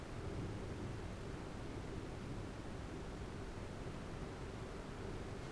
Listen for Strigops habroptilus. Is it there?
no